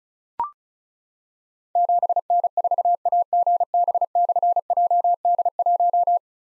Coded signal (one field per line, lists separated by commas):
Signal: Morse code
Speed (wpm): 36 wpm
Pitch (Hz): 700 Hz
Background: none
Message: 7N4AGB/JD1